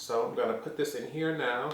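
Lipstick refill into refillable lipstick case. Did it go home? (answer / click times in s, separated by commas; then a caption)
no / none. Someone talks while handling a lipstick refill bullet, getting ready to push it into a refillable plastic/metal lipstick case. The refill has not snapped into the case yet; nothing has seated or clicked in this clip.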